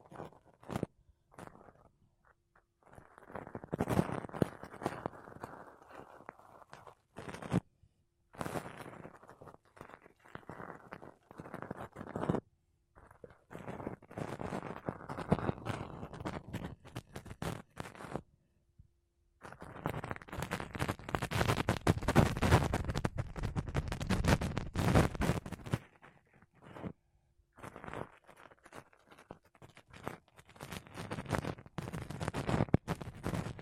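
Makeup brushes and a sponge brush across a microphone in bursts of soft, dense scratchy rustling, each lasting a few seconds and separated by short silences. The strokes are mostly low and full, with sharp crackly ticks mixed in, and the busiest, loudest stretch comes around the twenty-second mark.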